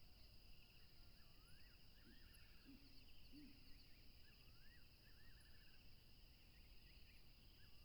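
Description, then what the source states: Cricket chorus trilling steadily underneath, while a bird repeats rising, swooping whistles and rattling phrases; a few soft low hoots and faint high chirps. Several crickets recorded at a tropical river.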